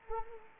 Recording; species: mosquito wingbeat signal from an infrared sensor; Anopheles arabiensis